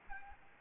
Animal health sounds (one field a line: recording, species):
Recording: mosquito wingbeat signal from an infrared sensor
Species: Aedes albopictus